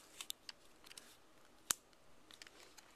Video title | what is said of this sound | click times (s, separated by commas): Kodak or Matin film leader extractor.MP4 | the hard part is you have now turn the spindle clockwise listening for a click there's the | 1.7 s